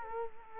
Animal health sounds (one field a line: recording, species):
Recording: mosquito wingbeat signal from an infrared sensor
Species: Culex quinquefasciatus